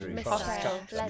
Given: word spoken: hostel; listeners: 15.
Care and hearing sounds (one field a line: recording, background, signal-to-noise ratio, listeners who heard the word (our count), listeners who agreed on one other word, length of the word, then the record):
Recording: one English word in noise, from a listening test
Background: four-talker babble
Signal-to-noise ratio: -1.0 dB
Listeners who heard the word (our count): 0 of 15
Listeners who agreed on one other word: 8 of 15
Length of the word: 0.70 s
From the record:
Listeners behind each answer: 8, 2, 1, 1, 1, 1, 1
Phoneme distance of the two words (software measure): 37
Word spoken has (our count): 2 syllables, 6 phonemes, stress on syllable 1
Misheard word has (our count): 2 syllables, 5 phonemes, stress on syllable 1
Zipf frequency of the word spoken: 3.49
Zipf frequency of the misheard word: 3.66